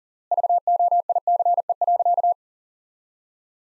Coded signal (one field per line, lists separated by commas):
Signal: Morse code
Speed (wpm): 37 wpm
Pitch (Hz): 700 Hz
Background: none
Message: VOICE.